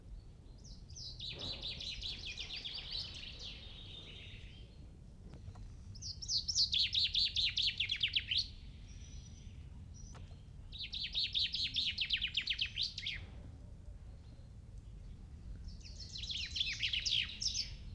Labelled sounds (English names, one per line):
Common Chaffinch song